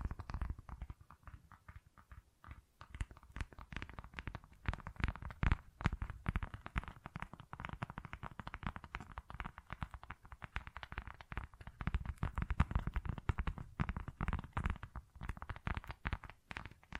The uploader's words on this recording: ASMR Tingly Textures Tapping and Scratching No Talking.